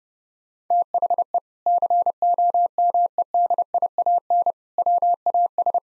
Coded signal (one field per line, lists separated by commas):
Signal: Morse code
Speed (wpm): 32 wpm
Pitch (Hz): 700 Hz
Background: none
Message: THE COMEDIAN WAS